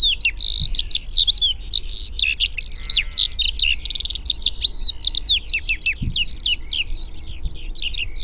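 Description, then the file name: Eurasian skylark song, an endless rapid sequence of sharp chirps and brief trills, with a couple of faint low thumps in the background. "alauda arvensis"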